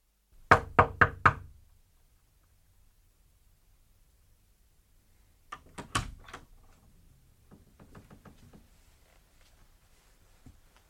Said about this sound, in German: Ich habe geklopft, Sie haben offenbar nichts gehört.